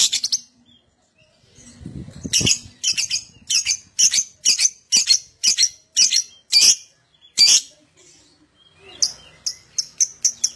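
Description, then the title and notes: Lovebird song: a fast run of sharp, harsh high chirps, about two per second, breaking off briefly then resuming as quicker scratchy notes; low rustling near the start. Adult lovebird, described as gacor (singing constantly) with an owor-owor song style. "LOVEBIRD GACOR OWOR OWOR. Lovebird Dewasa"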